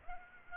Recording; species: mosquito wingbeat signal from an infrared sensor; Aedes aegypti